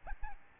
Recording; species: mosquito wingbeat signal from an infrared sensor; Aedes albopictus